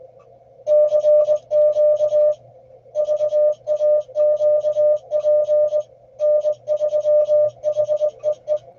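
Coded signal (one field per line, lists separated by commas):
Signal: Morse code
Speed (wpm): 19 wpm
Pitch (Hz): 600 Hz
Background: music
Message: CQ VAQP N3HEE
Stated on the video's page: Morse contesting in a state QSO party, showing search-and-pounce and running.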